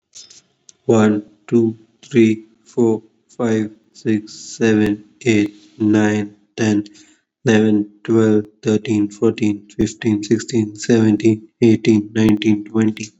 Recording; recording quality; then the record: counting at a normal pace; excellent, no background noise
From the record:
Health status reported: COVID-19 positive, mild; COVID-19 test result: positive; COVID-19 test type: RT-PCR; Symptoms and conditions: cough, cold, sore throat, fatigue, muscle pain, diarrhoea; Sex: male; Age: 25 years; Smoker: no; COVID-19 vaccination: both doses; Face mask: not worn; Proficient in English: yes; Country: India